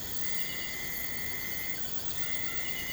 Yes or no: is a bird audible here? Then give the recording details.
no. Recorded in pastures near Puerto Asís, Putumayo, Colombia, on 21 March 2025 at 01:30. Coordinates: 0.472, -76.329. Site G074